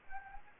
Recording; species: mosquito wingbeat signal from an infrared sensor; Anopheles arabiensis